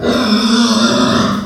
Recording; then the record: squeal of a Yucatan mini pig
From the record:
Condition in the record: after surgery on the right vocal fold (resection and tissue-engineered implant); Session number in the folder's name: 13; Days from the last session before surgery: 113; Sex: female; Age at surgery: 19 weeks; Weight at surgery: 25 kg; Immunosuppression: prednisolone